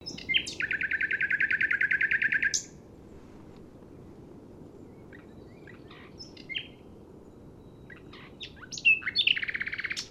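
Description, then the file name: Common nightingale song: a few short notes, then a long rapid series of pulsed repeated notes, a pause with quieter chirps, and a final burst of sharp whistles and repeated notes. "Luscinia megarhynchos"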